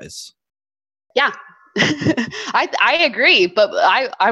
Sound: laugh